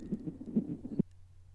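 Rapid, soft whooshing pulses, strongest about every 0.43 seconds, stop abruptly after one second, leaving a low hum. This is an unborn baby's heartbeat heard through the womb, the quick rate typical of a fetus.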